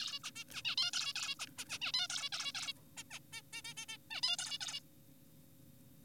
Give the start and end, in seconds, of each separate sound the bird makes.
0.00-0.20, 0.24-0.31, 0.36-0.44, 0.54-0.62, 0.65-0.76, 0.78-0.91, 0.94-1.13, 1.16-1.35, 1.40-1.46, 1.58-1.65, 1.70-1.79, 1.81-1.92, 1.94-2.08, 2.10-2.29, 2.33-2.52, 2.55-2.73, 2.97-3.04, 3.11-3.19, 3.33-3.42, 3.53-3.62, 3.65-3.74, 3.77-3.86, 3.89-3.97, 4.11-4.21, 4.23-4.37, 4.39-4.58, 4.61-4.80